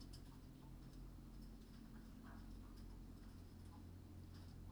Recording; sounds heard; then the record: poultry house recording; healthy chickens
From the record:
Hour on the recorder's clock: 21